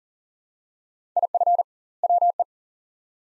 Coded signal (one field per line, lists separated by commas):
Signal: Morse code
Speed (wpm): 40 wpm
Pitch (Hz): 700 Hz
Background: none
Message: IF WE